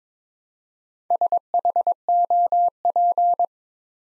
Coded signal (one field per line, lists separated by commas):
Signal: Morse code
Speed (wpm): 22 wpm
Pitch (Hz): 700 Hz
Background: none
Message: SHOP